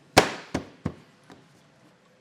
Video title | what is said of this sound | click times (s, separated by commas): etrailer - Curt Class I Trailer Hitch Installation Guide - 2015 Lexus GS 350 | and then you can feed that clip up and that's going to lock it in | 0.2 s